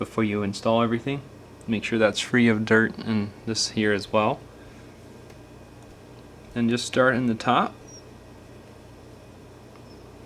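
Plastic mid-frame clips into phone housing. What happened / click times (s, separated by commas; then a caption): Handled, not yet home: the plastic frame has not clicked into place / none. Someone talks while reinstalling the plastic mid-frame on a Galaxy Note 3 during a headphone audio jack replacement, starting at the top so its clips can snap into the phone housing. Speech fills most of the clip, with quiet pauses between. Nothing has seated or clicked yet.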